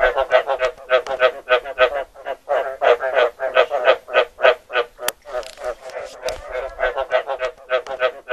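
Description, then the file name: Frog croaking, a rapid series of pulsed croaks, roughly three per second, with a sharp click midway. "กบร้อง"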